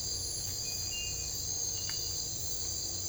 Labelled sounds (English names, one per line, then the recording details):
none
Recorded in secondary vegetation near Puerto Asís, Putumayo, Colombia, on 22 December 2024 at 02:30
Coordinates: 0.484, -76.319
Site GP06